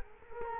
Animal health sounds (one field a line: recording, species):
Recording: mosquito wingbeat signal from an infrared sensor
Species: Culex quinquefasciatus